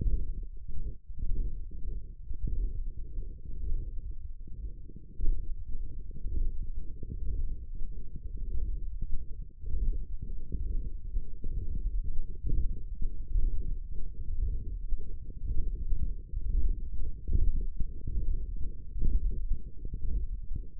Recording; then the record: forearm muscle sounds (acoustic myography)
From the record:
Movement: hand opening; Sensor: system 1, eight BSWA MPA416 microphones around the upper forearm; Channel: 7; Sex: male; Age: 23 years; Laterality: right